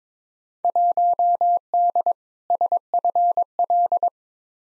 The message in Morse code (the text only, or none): 1D SFL